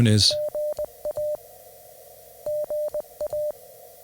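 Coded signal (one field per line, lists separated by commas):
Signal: Morse code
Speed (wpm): 20 wpm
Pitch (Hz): 600 Hz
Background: speech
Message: GA GA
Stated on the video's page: Morse sent on a Begali Traveler Light key, in a beginner's guide to hunting Parks on the Air CW activations.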